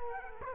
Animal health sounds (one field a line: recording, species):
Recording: mosquito wingbeat signal from an infrared sensor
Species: Culex quinquefasciatus